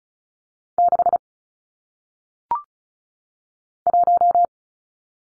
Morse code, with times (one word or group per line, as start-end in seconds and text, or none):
0.8-1.2 6
3.9-4.5 1